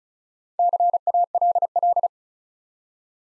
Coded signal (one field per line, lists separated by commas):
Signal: Morse code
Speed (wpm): 36 wpm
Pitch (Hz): 700 Hz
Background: none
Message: CALL